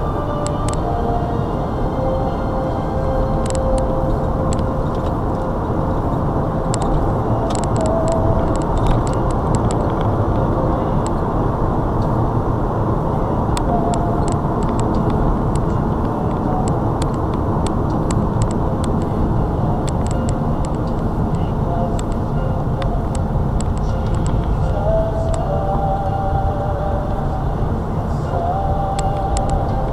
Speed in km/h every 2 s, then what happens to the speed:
66, 69, 76, 84, 90, 93, 89, 79, 74, 61, 52, 42, 37, 37, 37.
0-10 speeds up to 93. 10-23 brakes to 37. 23-30 steady at about 37.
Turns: none.